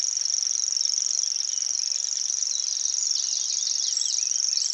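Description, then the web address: Grasshopper warbler song, one unbroken high mechanical reel like a cricket running throughout, while other small birds chirp and twitter more quietly below. "réti-tücsökmadár-hangja. reti tucsokmadar"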